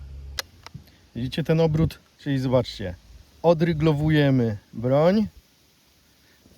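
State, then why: Seated. A straight-pull bolt on a Steyr RMS Wild rifle is pushed forward, chambering a round, and rotates into its receiver locking recesses with a sharp, characteristic click at 0.4 s as it fully locks. Softer taps follow before someone talks.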